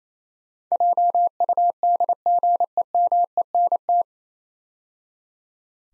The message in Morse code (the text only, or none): JUDGEMENT